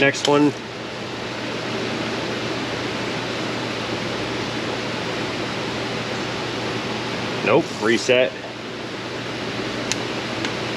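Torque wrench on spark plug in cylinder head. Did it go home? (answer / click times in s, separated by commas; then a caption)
yes / 9.9 s. A torque wrench is reset and then used to tighten the second spark plug into the cylinder head of a Honda Civic to 18 Nm. Someone talks briefly over a steady fan-like hum, and the wrench gives a sharp click at 9.9 s, confirming the plug is torqued to the setting.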